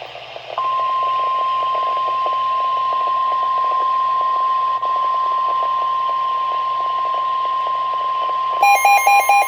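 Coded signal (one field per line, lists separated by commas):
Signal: Emergency Alert System (SAME) tones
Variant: 1050 Hz attention tone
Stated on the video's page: Coastal flood warning SAME tones received on NOAA weather radio, relayed late by a WR-400 unit as an unrecognized message.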